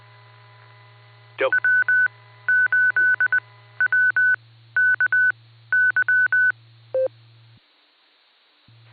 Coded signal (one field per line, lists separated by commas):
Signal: Morse code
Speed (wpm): 20 wpm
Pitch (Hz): 1500 Hz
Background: speech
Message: W8WKY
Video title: THE BEACON NET hosted by Silvercreek Amateur Radio Assoc. 147.39+ 114.8 PL 10:00PM, 3-4-26